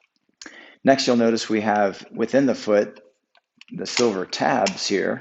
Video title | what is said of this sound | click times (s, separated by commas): 2015+ Ford Edge Sport 5-dr SUV with Thule Evo Clamp + WingBar Evo Roof Rack Crossbars | and then grab the correct door frame bracket and just press until it clicks into place. | 0.4 s